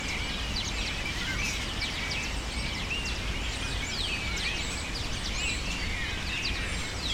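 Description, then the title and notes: Bird: a dense flock of birds screeches without stopping, quick piercing slurred calls crowding one another at an even level, over a persistent low rumble. Birds using cypress trees in the recordist's city as a refuge, screaming without stopping, especially in the afternoon. "Pájaros En La Fábrica. Muchos de los cipreses de mi ciudad se han convertido en el refugio de pájaros que, sobretodo por la tarde, gritan sin parar"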